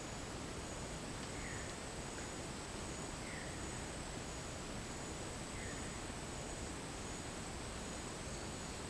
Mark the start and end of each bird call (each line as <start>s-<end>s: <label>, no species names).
1.27s-1.72s: bird call
3.22s-3.62s: bird call
5.40s-5.76s: bird call